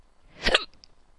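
A single short, sharp hiccup from an adult about half a second in, a brief voiced gulp with an abrupt onset and quick cutoff. It fits an ordinary hiccup, a sudden diaphragm spasm snapped off by the closing vocal cords. Faint clicks follow in a quiet background.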